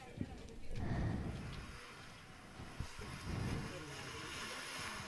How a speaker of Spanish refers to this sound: ¿Es el mar? La playa. Las olas del mar.